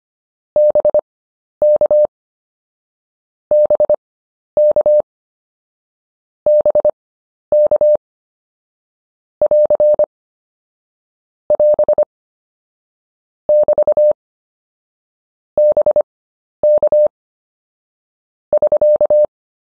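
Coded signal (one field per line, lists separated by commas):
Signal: Morse code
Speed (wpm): 25 wpm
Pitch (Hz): 600 Hz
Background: none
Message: BK BK BK <AR> <AS> <BT> BK <SK>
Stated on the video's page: Morse prosigns lesson, final module of an anchor words course.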